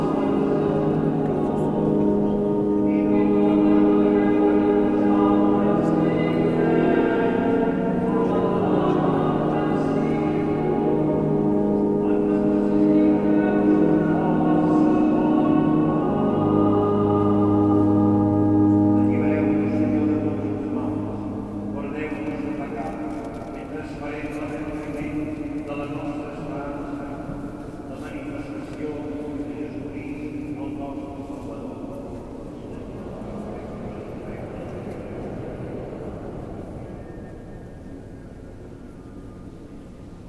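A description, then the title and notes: Sustained sung or chanted tones fill a reverberant basilica during a service, fuller in the first twenty seconds, then thinning as voices and murmurs continue. Basilica Santa Maria Del Mar, Barcelona, Spain. I walked in on a service (unknown) at the Basilica Santa Maria Del Mar.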